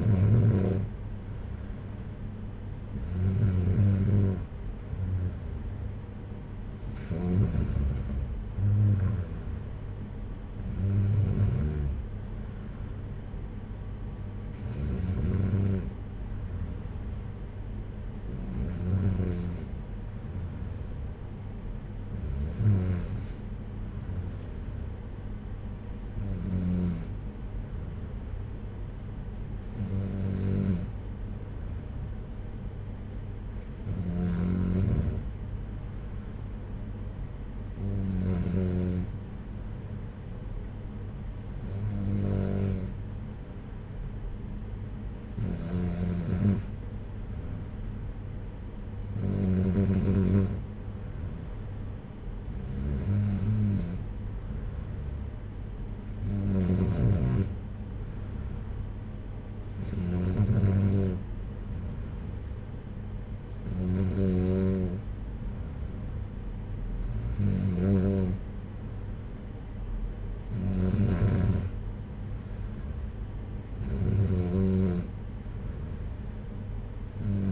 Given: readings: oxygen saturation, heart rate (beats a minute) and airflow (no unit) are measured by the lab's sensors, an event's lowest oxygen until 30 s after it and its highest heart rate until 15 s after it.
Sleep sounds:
breathing in sleep by a smartphone at the bedside; none
none scored
From the record:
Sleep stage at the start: N3 (deep sleep); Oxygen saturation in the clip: 93 to 95%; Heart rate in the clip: 58 to 63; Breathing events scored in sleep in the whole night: 226 in 8.8 hours asleep

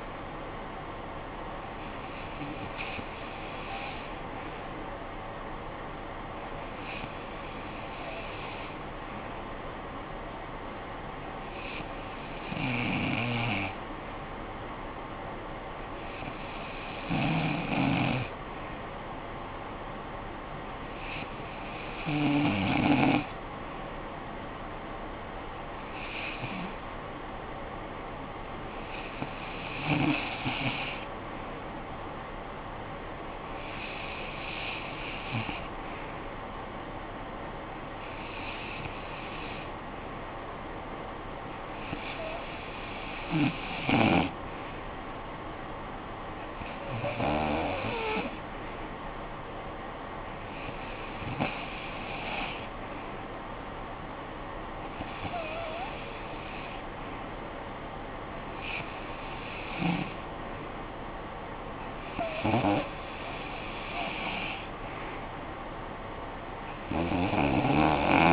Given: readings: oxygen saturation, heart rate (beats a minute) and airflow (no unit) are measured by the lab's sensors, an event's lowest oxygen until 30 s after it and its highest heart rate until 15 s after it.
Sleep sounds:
breathing in sleep by a voice recorder at the bedside; 1
5.00-35.90 s: hypopnea (REM, oxygen 94% highest, then 91% lowest, heart rate 58 at the start, 64 highest)
From the record:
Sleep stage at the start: REM sleep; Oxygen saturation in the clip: 91 to 94%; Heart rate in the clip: 55 to 66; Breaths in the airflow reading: 15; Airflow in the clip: -10.3 to 5.1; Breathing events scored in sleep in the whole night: 445 in 7.6 hours asleep

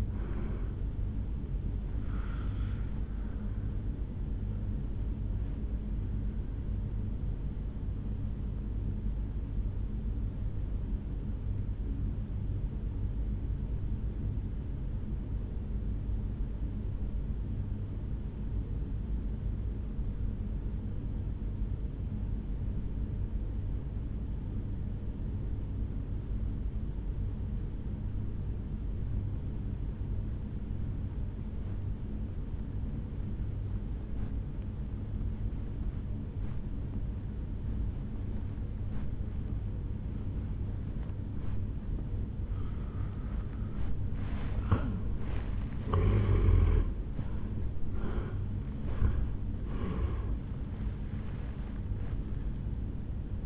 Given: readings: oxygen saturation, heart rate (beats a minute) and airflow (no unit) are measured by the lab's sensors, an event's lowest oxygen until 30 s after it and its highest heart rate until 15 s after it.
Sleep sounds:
breathing in sleep by a smartphone at the bedside; 1
14.00-44.70 s: obstructive apnea (N1, oxygen 97% highest, then 79% lowest, heart rate 53 at the start, 78 highest)
From the record:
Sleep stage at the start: N1 (lightest sleep); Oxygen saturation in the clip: 82 to 97%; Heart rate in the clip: 52 to 78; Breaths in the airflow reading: 5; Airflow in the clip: -11.1 to 7.6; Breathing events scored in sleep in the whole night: 449 in 7.0 hours asleep

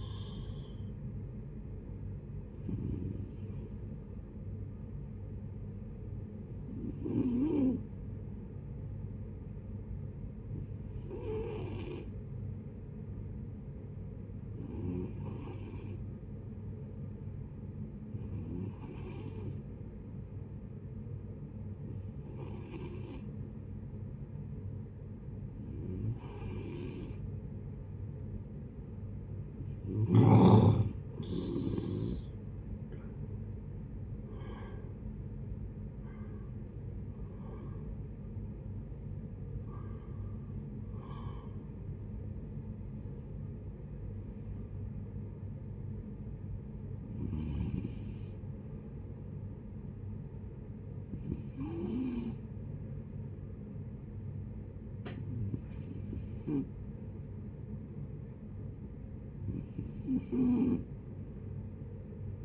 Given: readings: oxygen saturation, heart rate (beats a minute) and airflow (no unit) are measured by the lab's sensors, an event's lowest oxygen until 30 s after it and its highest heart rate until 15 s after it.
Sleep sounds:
breathing in sleep by a smartphone at the bedside; 1
11.00-34.70 s: hypopnea (N2, oxygen 95% highest, then 88% lowest)
From the record:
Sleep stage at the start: N2 (light sleep); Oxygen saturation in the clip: 88 to 96%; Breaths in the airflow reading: 16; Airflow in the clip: -13.9 to 12.8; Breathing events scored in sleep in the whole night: 496 in 5.4 hours asleep

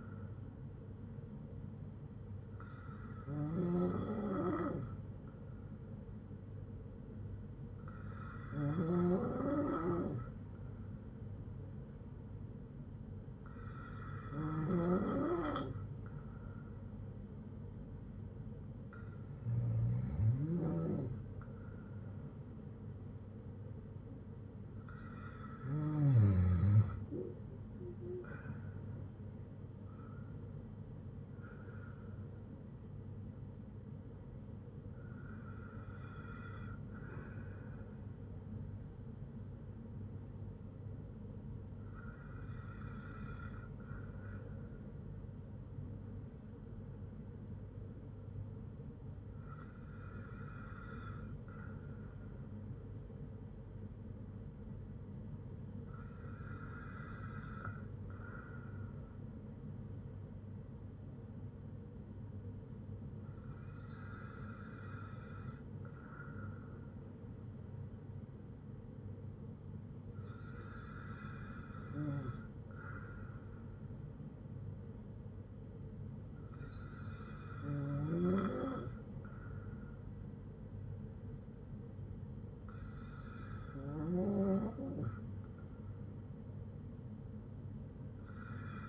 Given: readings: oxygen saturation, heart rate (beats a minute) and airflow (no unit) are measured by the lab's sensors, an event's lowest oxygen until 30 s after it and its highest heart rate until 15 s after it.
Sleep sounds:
breathing in sleep by a smartphone at the bedside; none
none scored
From the record:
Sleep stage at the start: N2 (light sleep); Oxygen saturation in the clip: 94 to 96%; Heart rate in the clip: 54 to 70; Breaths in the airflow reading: 15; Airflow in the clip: -5.2 to 6.1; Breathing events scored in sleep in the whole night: 182 in 7.4 hours asleep

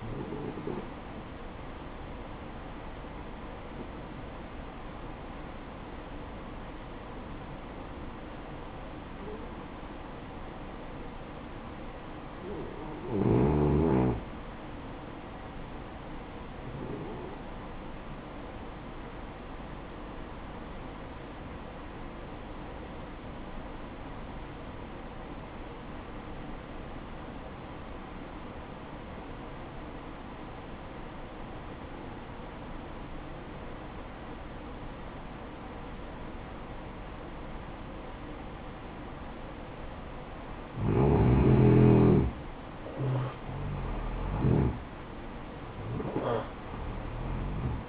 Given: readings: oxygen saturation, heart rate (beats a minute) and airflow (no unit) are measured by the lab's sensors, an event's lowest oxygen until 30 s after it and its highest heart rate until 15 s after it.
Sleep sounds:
breathing in sleep by a voice recorder at the bedside; 1
2.00-32.00 s: new sleep stage, N2 (light sleep)
7.00-40.90 s: obstructive apnea (N2, oxygen 96% highest, then 87% lowest, heart rate 58 at the start, 67 highest)
32.00-47.89 s: new sleep stage, N1 (lightest sleep)
From the record:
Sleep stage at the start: N1 (lightest sleep); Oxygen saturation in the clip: 88 to 96%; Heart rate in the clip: 54 to 67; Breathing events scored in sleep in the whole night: 573 in 9.8 hours asleep

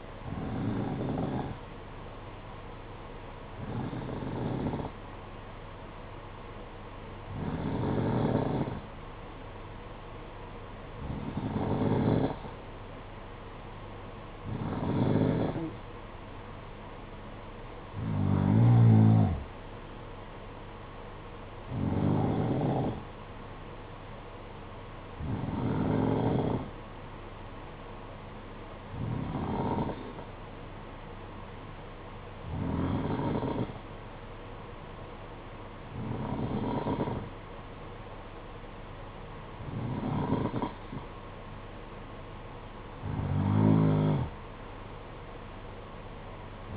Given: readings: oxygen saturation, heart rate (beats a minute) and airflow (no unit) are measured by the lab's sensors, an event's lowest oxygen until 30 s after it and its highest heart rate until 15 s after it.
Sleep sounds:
breathing in sleep by a voice recorder at the bedside; none
none scored
From the record:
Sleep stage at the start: N2 (light sleep); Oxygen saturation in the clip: 90 to 92%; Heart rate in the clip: 54 to 60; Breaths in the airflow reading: 13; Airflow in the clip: -6.6 to 5.4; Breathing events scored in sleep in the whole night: 476 in 9.7 hours asleep

